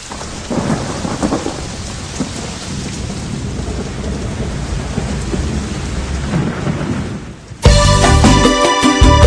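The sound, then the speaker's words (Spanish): Steady, hissing rain pours down on cardboard roofs while deep thunder rumbles and rolls through it for several seconds, before music cuts in abruptly near the end. “Triste, se oye la lluvia en los techos de cartón.”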